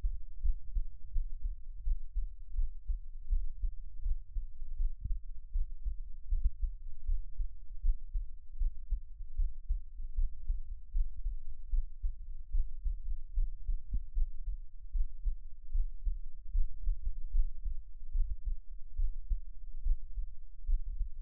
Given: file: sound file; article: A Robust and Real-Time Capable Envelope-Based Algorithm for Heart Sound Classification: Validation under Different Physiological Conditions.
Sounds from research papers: heart sounds by electronic stethoscope; rest; normal; lying on back; Erb’s point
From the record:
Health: healthy, no known heart disease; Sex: male

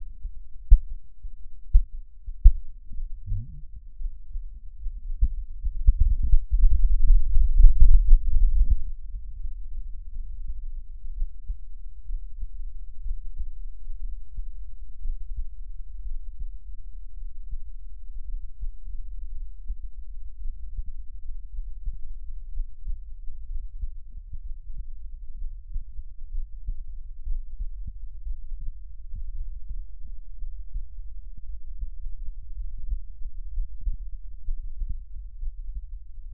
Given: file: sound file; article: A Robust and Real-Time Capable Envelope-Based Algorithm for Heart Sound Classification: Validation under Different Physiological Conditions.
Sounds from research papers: heart sounds by electronic stethoscope; rest; normal; sitting; sternum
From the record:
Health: healthy, no known heart disease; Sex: male

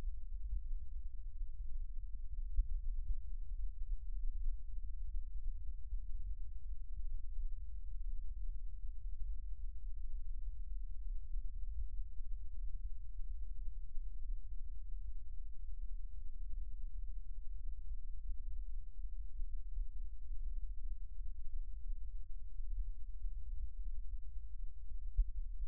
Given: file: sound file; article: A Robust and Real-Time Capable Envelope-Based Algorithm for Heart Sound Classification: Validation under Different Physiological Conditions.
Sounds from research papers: heart sounds by electronic stethoscope; rest; normal; sitting; left side of the back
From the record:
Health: healthy, no known heart disease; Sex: male

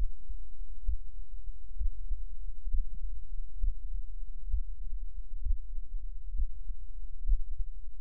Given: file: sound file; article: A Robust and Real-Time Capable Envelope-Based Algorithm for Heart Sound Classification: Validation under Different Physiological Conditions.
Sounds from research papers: heart sounds by electronic stethoscope; rest; normal; lying on back; Erb’s point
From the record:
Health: healthy, no known heart disease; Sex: male

